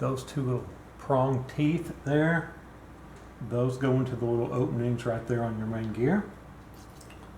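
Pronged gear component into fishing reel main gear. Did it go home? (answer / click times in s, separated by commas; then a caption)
yes / 7.0 s. During a Shimano Chronarch 50 MG baitcasting reel rebuild, a small part's two prong teeth are pressed down into the openings on the metal main gear while someone talks. A faint, short click is heard at 7.0 s as the part clicks in and is seated.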